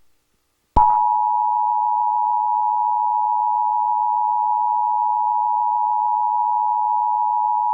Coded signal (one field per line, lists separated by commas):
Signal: Emergency Alert System (SAME) tones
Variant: 853 and 960 Hz attention tone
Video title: Emergency Alert System Required Monthly Test (February 19th 2014)